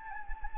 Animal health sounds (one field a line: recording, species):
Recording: mosquito wingbeat signal from an infrared sensor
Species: Anopheles gambiae